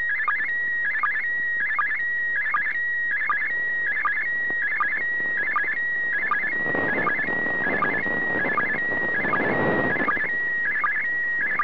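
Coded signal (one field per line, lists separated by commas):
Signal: SSTV (slow-scan television)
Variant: PD 180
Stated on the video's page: SSTV received from the International Space Station.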